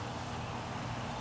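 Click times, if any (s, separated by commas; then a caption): none. A screw is held in the threaded hole of a motorcycle handlebar control housing and turned backwards to find the thread start. Only a steady broadband hiss with a low hum is heard, with no distinct sudden sounds. Nothing has clicked or seated yet.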